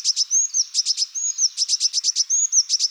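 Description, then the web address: Eurasian blue tit giving thin, very high chirps in rapid bursts, with short sweeping whistled notes mixed between the clusters. "Parus caeruleus"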